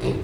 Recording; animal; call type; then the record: contact call of a hoofed animal; pig; closed-mouth grunt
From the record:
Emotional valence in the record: positive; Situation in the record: food and toys in familiar pen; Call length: 0.24 s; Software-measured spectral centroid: 1860 Hz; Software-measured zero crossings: 1000 a second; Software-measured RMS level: -24 dBFS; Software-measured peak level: -12 dBFS